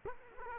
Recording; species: mosquito wingbeat signal from an infrared sensor; Culex quinquefasciatus